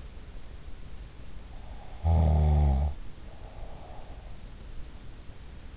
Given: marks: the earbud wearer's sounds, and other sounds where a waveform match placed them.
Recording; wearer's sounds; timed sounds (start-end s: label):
sounds in sleep by an in-ear microphone; snoring breath
1.72-4.69 s: snoring breath